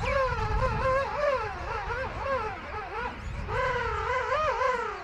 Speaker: And on the curving strand, 100,000 king penguins singing.